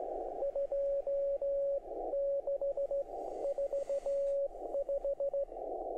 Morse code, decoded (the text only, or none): 2645